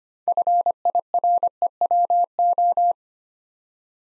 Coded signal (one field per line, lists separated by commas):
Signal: Morse code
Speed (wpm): 25 wpm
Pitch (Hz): 700 Hz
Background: none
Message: FIREWO